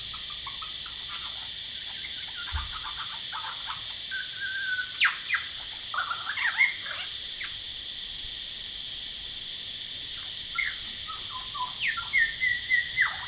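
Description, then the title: Superb lyrebird song, bursts of whistled sweeps and trills separated by pauses, ending with a sustained whistle, over loud cicadas. Male, Horsfield Bay, New South Wales, Australia, 23 January 2017, singing vigorously outside a window, with loud cicadas calling; noise reduction applied. "Lyrebird - Horsfield Bay NSW, Jan 23 2017"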